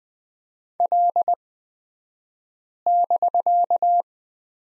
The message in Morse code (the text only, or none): L<BK>